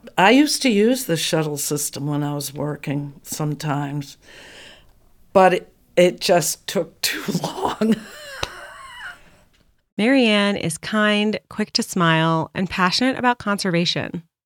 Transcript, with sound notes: I used to use the shuttle system when I was working sometimes, but it just took too long [laughing]
Mary Ann is kind, quick to smile, and passionate about conservation.